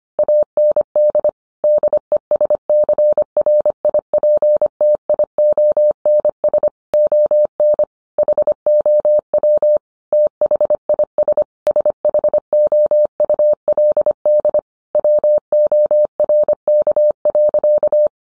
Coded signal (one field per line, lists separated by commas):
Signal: Morse code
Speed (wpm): 25 wpm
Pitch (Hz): 600 Hz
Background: none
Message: AND DESCRIPTIONS ON HOW THIS SHOULD WORK.